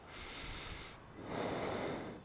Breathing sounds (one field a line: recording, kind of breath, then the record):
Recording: one breath in and out by a microphone near the nose and mouth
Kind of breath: normal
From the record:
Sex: male